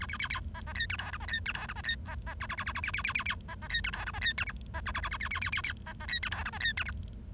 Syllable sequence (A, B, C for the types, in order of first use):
A B B B C C D E F G C D E F G C D C C A A A A A B B B B B C C D E F G C D E H C A A A A B B B B B C C D E F G C D E H